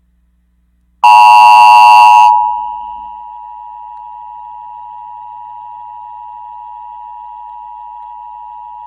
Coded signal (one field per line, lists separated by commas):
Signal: Emergency Alert System (SAME) tones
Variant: 853 and 960 Hz attention tone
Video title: Nick Jr emergency alert system